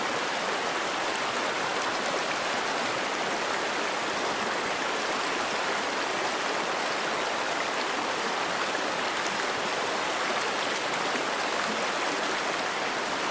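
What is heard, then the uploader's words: A river runs steadily over its bed, a dense, even rush of water that holds the same level for the whole stretch. The sound is bright and hissing, with a soft low churn beneath and no distinct events rising above it. Sounds of Water in Yellowstone National Park. A river meanders across a snowy landscape in Yellowstone National Park.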